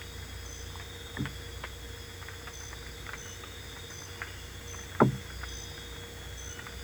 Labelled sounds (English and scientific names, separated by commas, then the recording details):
none
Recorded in dense forest near Puerto Asís, Putumayo, Colombia, on 22 December 2024 at 23:30
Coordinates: 0.486, -76.317
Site G003